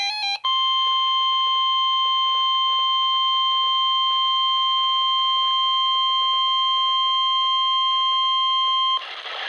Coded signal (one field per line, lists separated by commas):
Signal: Emergency Alert System (SAME) tones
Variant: 1050 Hz attention tone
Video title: (EAS #955) LIVE VOICE Required Weekly Test On KIH38 From 10/30/2024